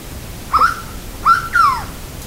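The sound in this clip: Three whistled bird notes in under two seconds, short upslurs followed by a longer descending whistle, with quiet hiss behind.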